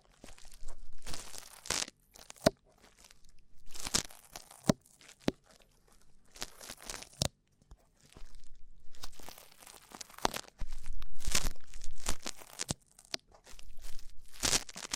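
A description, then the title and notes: Rough ear cleaning makes dense bursts of scratching, crinkling and tearing noise that come and go in irregular clusters, with sharp clicks scattered throughout. Bright hissy scraping alternates with brief quiet gaps, busiest around four, seven, and eleven to twelve seconds. ASMR Rough Ear Cleaning (No Talking).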